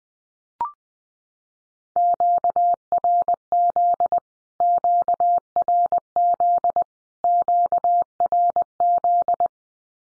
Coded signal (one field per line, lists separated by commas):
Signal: Morse code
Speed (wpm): 19 wpm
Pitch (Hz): 700 Hz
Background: none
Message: QRZ QRZ QRZ